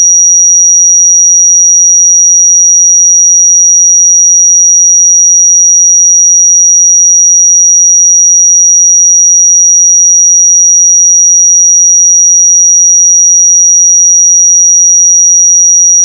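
A pure sine tone at 5762 Hz sounds steadily for the full sixteen seconds, high and thin, with no change in pitch or loudness. Nothing else is heard behind it, only silence, and the tone ends abruptly at the very end.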